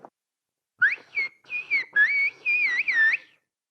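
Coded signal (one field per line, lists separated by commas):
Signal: whistled language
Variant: Turkish kuş dili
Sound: a loud, clear whistle gliding up and down in several connected phrases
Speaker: and how about we speak whistle language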